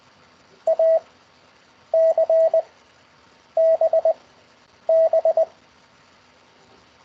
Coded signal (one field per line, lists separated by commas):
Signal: Morse code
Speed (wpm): 20 wpm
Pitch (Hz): 650 Hz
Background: none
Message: A C B B